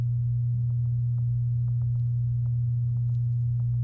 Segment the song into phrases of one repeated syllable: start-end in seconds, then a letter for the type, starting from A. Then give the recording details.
3.83-3.83 A. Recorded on 7 May 2018 at 07:34. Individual llb16